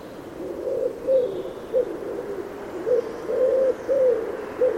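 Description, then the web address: Bird giving around seven low, soft cooing notes at uneven intervals, some short and clipped, others longer and slurred, over quiet background. "Bird Only"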